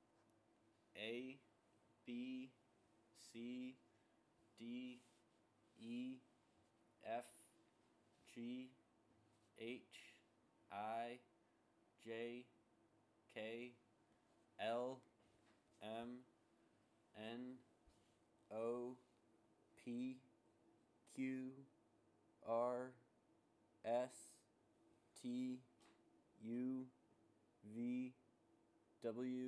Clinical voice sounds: letters of the alphabet, spoken; free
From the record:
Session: seven days later

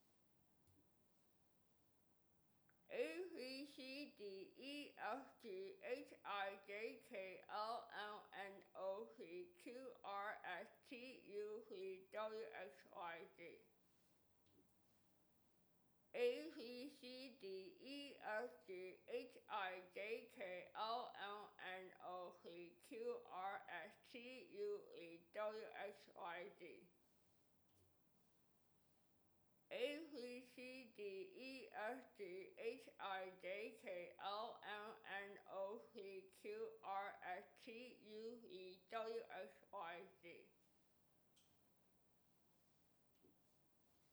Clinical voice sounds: letters of the alphabet, spoken; constrained by a bite bar between the teeth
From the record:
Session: first day, right after the free take

